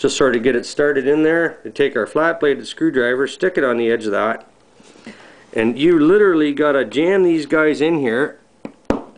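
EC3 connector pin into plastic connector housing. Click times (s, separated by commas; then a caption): 8.9 s. A soldered bullet pin is pushed with a flat-bladed screwdriver into a plastic EC3 connector housing while someone talks. After a quieter stretch, a couple of faint ticks lead into a sharp click at 8.9 s as the pin locks into the housing, seated.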